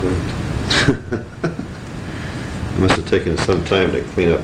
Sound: laughter